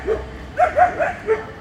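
Dog barking: a soft early yelp, then four short barks in quick succession within about a second.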